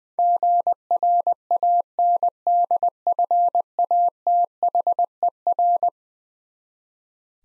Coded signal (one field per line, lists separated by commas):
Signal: Morse code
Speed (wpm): 21 wpm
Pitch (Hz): 700 Hz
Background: none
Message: GRANDFATHER